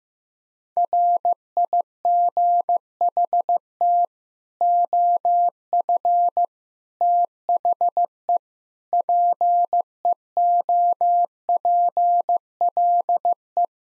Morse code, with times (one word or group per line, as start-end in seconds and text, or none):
0.8-4.0 RIGHT
4.6-6.4 OF
7.0-8.4 THE
8.9-13.6 PEOPLE